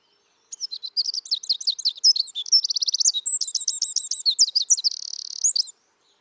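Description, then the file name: Eurasian wren song: a five-second burst of very high, rapid twittering trills, a fast rattling stretch in the middle and a steady buzzy trill near the end, in silence. "Troglodytes troglodytes"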